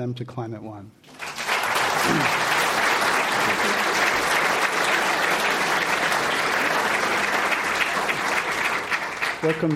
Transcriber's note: applause